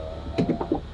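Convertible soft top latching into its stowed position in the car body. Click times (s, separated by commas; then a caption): 0.4 s, 0.6 s, 0.8 s. The power soft top of a 2020 C8 convertible finishes its folding cycle, and its latch mechanism locks the top into its stowed position in the car body with a short series of ticks and clicks at 0.4, 0.6 and 0.8 seconds over a faint steady hum. The top is latched in place, and the dash reports the folding operation is complete.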